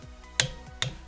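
A click-type torque wrench set to 92 ft-lbs tightens the next lug bolt in a star pattern on the wheel hub of a GTI. A sharp click at 0.4 s shows the wrench reaching its setting, followed by a second, slightly softer snap at 0.8 s. The bolt is confirmed torqued to spec.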